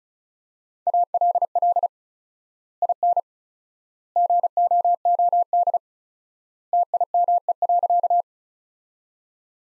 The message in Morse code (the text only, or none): ALL IN GOOD TIME.